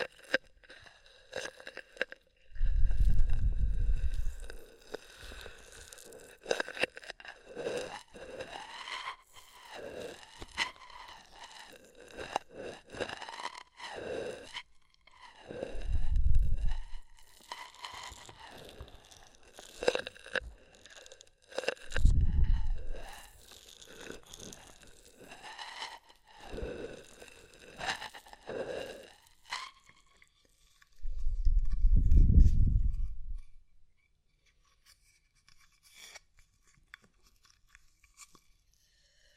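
Ear massage sounds with oil and foam: wet, crackly rubbing and squishing that comes in dense, uneven bursts, with some high fizzing. Deep muffled thumps swell up at about 3, 16, 22 and 32 seconds, and the rubbing thins out near the end.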